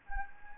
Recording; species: mosquito wingbeat signal from an infrared sensor; Anopheles gambiae